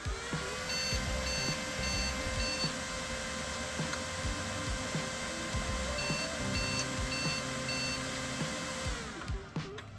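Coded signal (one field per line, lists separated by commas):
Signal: beep code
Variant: Dell BIOS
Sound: series of short high beeps about twice a second over steady hum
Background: computer fan hum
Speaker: and it's just doing the same thing. It's just doing the 4 post beep codes.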